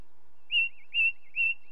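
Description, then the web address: Ring ouzel: three clear piping notes about half a second apart, linked by faint wavering whistles. "BBC Sound Effects Library. Ring Ouzel"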